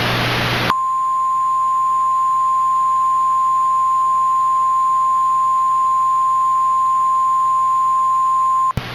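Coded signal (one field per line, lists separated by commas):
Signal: Emergency Alert System (SAME) tones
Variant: 1050 Hz attention tone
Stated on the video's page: Mock, fictional EAS alert.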